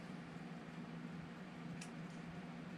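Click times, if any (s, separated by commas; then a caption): none. A metal c-clip is being handled and pressed onto the axle rod of an Axial Capra 1.9 Unlimited Trail Buggy 4WD RC crawler with portal axles, working toward seating it in its groove. A steady low hum and broadband background fill the clip, with one brief, faint high-pitched handling tick at about 1.8 s. Nothing has seated or clicked yet.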